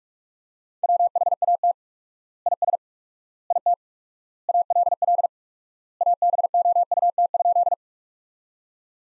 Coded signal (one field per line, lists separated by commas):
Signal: Morse code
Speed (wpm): 41 wpm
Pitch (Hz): 700 Hz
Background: none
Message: WHAT IS IT ALL ABOUT?